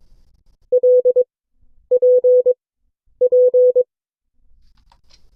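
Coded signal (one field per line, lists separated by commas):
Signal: Morse code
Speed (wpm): 22 wpm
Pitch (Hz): 500 Hz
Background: none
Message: L P P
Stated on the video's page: Morse class session from an amateur radio club.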